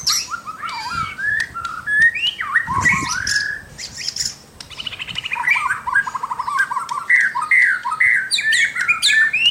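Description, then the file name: White-rumped shama song with melodious whistled phrases, then a run of quick, evenly repeated notes and buzzy trills toward the end. Local name murai batu; labelled mahkota. "suara-murai-batu-mahkota-v 2"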